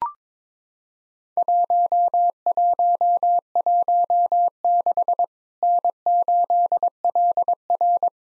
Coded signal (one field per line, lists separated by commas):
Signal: Morse code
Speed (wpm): 22 wpm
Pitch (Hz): 700 Hz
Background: none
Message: 1116 N8LR